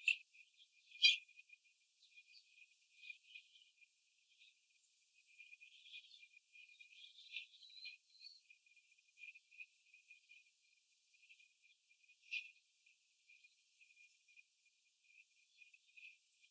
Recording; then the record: young laying hens in a cage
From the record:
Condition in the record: control cage, after the stress test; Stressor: none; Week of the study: 4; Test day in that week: 3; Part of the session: 4